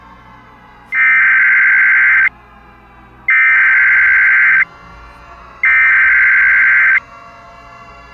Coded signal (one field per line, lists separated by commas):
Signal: Emergency Alert System (SAME) tones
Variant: header bursts